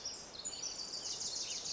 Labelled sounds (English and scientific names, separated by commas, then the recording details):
Pacific Wren (Troglodytes pacificus)
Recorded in Sonoma County, California